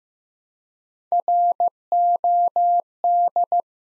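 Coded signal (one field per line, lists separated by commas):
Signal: Morse code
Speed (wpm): 15 wpm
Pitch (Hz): 700 Hz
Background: none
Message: ROD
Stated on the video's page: Morse practice at 15 wpm: three-letter words sent one letter at a time, a beginner word-building drill for instant character recognition.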